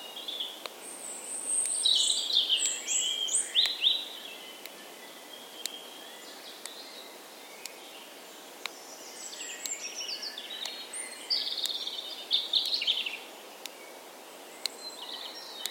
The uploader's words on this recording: Accompanied by the sound of a ticking clock, created by breaking the twigs of trees killed by climate change. A soundscape of ancient woodlands, recorded throughout the year. Accompanied by the sound of a ticking clock, created by breaking the twigs of trees.